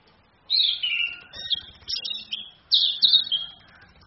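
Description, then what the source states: Orange-headed thrush song: two bursts of rich, varied whistled phrases sliding between high and mid pitch, separated by a short pause. Female bird; recording used as a training master for other birds, played from a phone screen.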